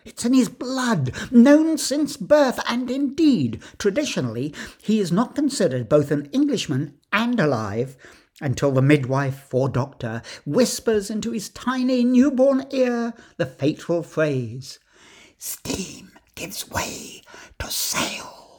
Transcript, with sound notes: It is in his blood, known since birth, and indeed traditionally he is not considered both an Englishman and alive until the midwife or doctor whispers into his tiny new-born ear the fateful phrase [whisper] "Steam gives way to sail"